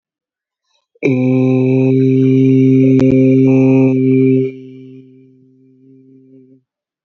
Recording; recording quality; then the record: sustained vowel as in made; moderate, slight background noise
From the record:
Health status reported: healthy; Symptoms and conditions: none ticked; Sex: male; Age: 28 years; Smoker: not ticked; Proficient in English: yes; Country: India